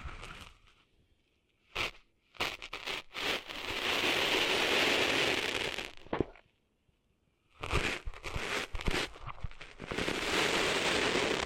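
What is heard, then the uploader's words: Sand being cleaned out of an ear makes dense, gritty crackling and scraping in loud bursts. The bursts open with sharp snaps near two and three seconds, then turn into a steady rough rustle from about three to six seconds. After a short silence, crackling returns from about eight seconds to the end. ASMR Cleaning Sand Out of Your Ears (No Talking).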